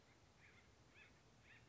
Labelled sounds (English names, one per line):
Acorn Woodpecker